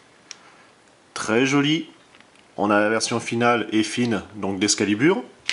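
A bow accessory is fitted onto the costume of a posable plastic figure, its small square pegs pushed straight on so it clips in place. A short click is heard at 0.3 seconds, and then someone talks. The bow is seated on the figure.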